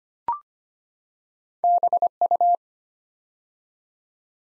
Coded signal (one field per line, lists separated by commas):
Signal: Morse code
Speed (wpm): 25 wpm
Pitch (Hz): 700 Hz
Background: none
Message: BU